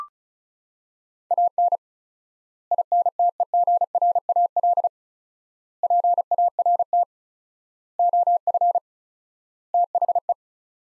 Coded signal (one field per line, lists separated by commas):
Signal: Morse code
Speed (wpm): 36 wpm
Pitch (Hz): 700 Hz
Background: none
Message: AN INTEGRAL PART OF THE